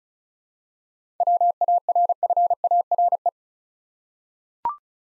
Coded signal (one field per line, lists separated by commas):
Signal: Morse code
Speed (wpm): 36 wpm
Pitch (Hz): 700 Hz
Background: none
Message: WARFARE